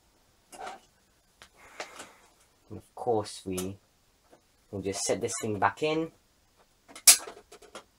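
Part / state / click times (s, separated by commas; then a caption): drive component into desktop computer case / seated / 7.1 s. A drive component is set back into a 1999 Compaq desktop computer case while someone talks, with a few soft handling taps before it goes in. It snaps into place with one sharp, loud click at 7.1 seconds, seating the drive component in the case.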